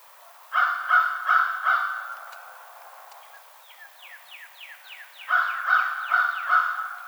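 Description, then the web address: American crow caws in two bursts of four harsh notes, with a soft run of descending chirps from another bird in between. Recorded 21 March 2007. "American Crow 2007 03 21"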